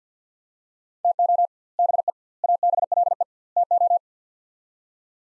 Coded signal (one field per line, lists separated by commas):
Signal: Morse code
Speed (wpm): 50 wpm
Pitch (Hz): 700 Hz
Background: none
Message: TO BE ABLE TO